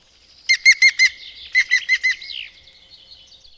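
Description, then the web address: Bird song of two quick bursts of four or five sharp, even notes, ending in a short downward slurred note. "madarak enek"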